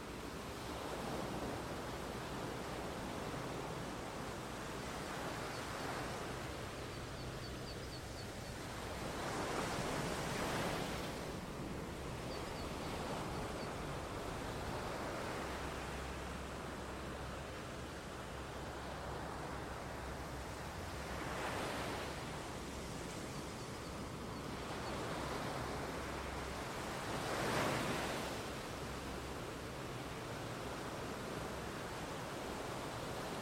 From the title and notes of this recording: Rain and Wave Sounds for Deep Sleeping. Ambient rain and wave sounds of Skye.